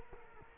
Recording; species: mosquito wingbeat signal from an infrared sensor; Culex quinquefasciatus